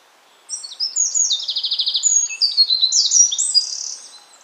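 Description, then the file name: Eurasian wren song: a rapid, loud burst of high, sharp notes with a fast rattling trill in the middle, ending in bright twittering phrases over faint background noise. "Troglodytes troglodytes"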